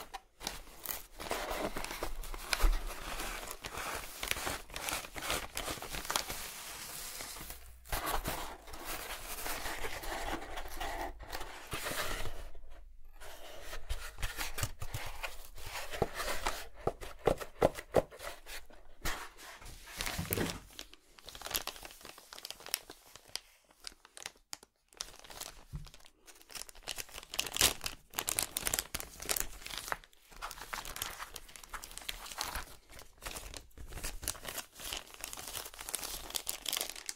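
Digging and scraping with an excavation kit, like an archaeological dig. Dense, irregular scratching and crinkling bursts run throughout, bright and gritty, broken by brief pauses near 13, 24 and 30 seconds. Some louder scrapes stand out around 3 and 20 seconds.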